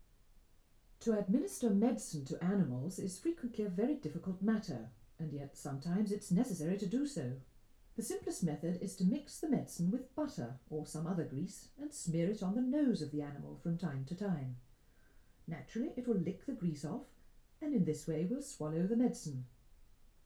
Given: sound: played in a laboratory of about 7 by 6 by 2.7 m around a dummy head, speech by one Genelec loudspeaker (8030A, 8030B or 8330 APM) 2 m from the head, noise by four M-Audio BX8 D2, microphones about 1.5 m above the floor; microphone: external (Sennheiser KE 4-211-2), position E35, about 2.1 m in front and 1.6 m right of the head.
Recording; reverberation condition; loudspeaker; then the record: female speech in English; low; 30 degrees to the right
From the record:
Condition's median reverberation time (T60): about 310 ms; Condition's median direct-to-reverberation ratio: about 3.5 dB